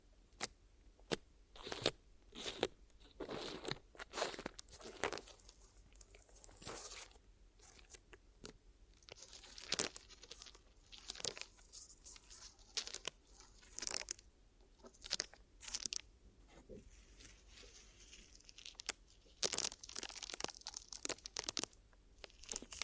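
Ear massage with glue, made of sticky crackling and crunching sounds in quick, irregular bursts. Sharp pops and wet, tearing rustles come every second or so for the whole clip, with brief quieter gaps and a soft low hum underneath.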